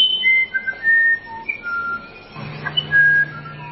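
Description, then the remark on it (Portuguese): A uirapuru (musician wren) in a forest reserve sings a series of clear, pure whistled notes that step between different pitches, some sliding and some held, with a low steady hum beneath the later part; no other birdsong is heard. “Outra lenda fala que quando o Uirapuru canta, todos os pássaros se calam.”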